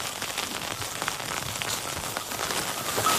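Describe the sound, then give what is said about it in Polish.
Steady rain patters down in a dense, even hiss of countless drops striking a surface, with no voices, holding at a constant level and swelling slightly toward the end. “Pogoda jest bardzo zmienna. Słońce i deszcz.”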